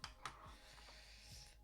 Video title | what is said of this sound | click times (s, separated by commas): La mythique Williams FW14B de Nigel Mansell en LEGO – LIVE – Sachets 3 & 4 | il vient se clipser comme ça. | 0.0 s, 0.3 s